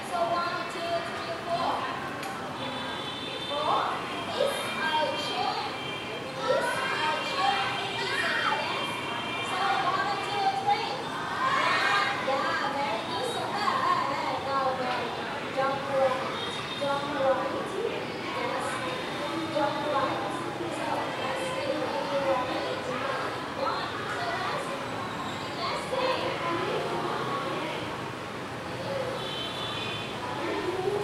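Children's voices fill a busy city scene heard from a balcony, a dense, constant chatter of overlapping calls and shouts that rises in brief bursts every few seconds. Some steady high tones run through the din, with a low traffic hum underneath.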